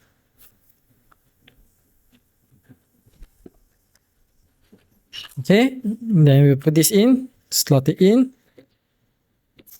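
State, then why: Seated. A plastic module is slotted back into the body of a Xiaomi X20 Max robot vacuum during a full service after 6 months. Faint handling taps and rustles come first, then someone talks, and the part is pushed in until a sharp, short click at 9.6 s shows it has seated.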